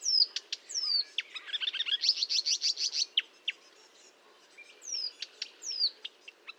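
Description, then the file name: Marsh warbler singing brisk, falling whistles and a busy chattering run, followed by a quieter stretch with scattered high notes. Recorded at Fourneau, Fontaine-Française, France, on 1 June 2022 at 10:55, using Nagra recorder and Telinga equipment. "Rousserolle verderolle 20220601 1055 Fontaine-Francaise-Fourneau-Nagra-Telinga"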